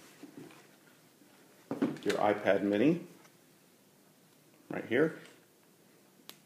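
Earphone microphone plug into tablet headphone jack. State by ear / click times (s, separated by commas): seated / 6.3 s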